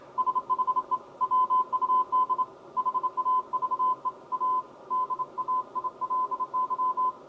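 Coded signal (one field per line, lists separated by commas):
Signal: Morse code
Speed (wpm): 28 wpm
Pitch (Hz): 1020 Hz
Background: none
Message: SHE WUD HAVE A DAILY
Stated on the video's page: Morse received on a lightly restored 1960s all-tube Galaxy V ham transceiver; receive only, bands fading out.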